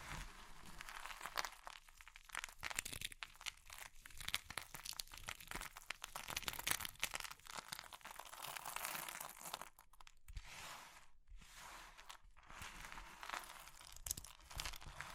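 Crushing of brittle materials like soap, chalk or meringue, a dense run of crackling, crunching bursts with brief pauses near ten and twelve seconds.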